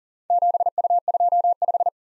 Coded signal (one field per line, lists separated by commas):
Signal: Morse code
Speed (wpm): 41 wpm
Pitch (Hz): 700 Hz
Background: none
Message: 7U25